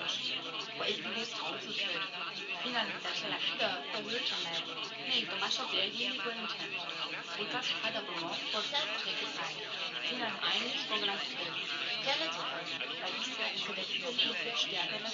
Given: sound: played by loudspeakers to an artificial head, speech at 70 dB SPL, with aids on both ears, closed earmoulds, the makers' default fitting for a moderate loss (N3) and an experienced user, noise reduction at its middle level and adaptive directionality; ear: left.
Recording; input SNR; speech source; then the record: speech test signal (ISTS) in cocktail-party noise; 0 dB; on the right (90 degrees)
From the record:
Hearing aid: class 1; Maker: G